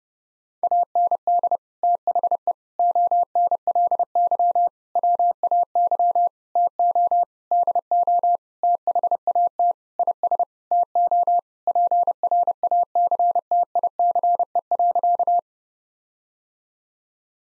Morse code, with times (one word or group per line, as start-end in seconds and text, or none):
0.6-1.6 AND
1.8-2.5 THE
2.8-4.7 ONLY
5.0-6.3 WAY
6.6-7.2 TO
7.5-8.4 DO
8.6-9.7 THAT
10.0-10.4 IS
10.7-11.4 TO
11.7-15.4 PRACTICE.